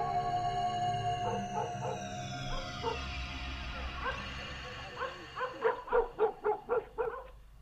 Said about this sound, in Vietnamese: Cùng lúc đó, tiếng chó sủa ở nhà bên vang lên dữ dội.